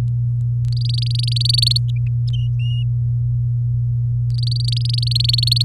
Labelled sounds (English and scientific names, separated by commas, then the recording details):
Domestic Canary (Serinus canaria) song
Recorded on 4 May 2018 at 18:40
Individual llb16